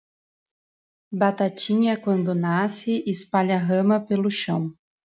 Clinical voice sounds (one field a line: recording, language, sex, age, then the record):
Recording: short text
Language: Brazilian Portuguese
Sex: female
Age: 20 to 29 years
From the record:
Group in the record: control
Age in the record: 27 years